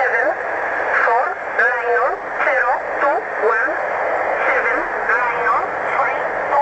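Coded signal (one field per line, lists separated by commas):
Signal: numbers station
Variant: E11 (Oblique)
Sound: a voice reading short, evenly spaced words over shortwave radio hiss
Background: radio static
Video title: Numbers Station Zahlensender E11 on 8088 kHz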